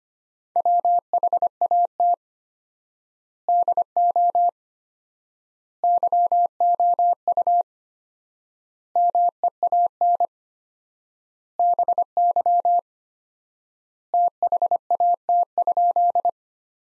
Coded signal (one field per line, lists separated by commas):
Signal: Morse code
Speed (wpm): 25 wpm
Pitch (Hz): 700 Hz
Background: none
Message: WHAT DO YOU MEAN BY THAT?